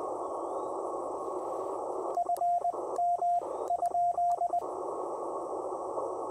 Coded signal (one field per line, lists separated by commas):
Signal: Morse code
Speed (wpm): 20 wpm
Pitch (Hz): 700 Hz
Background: radio noise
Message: FM ?